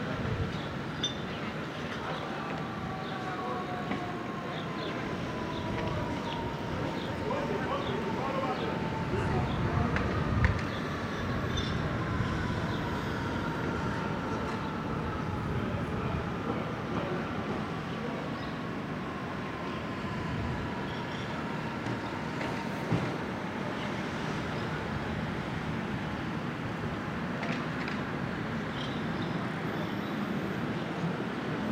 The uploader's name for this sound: Brooklyn Morning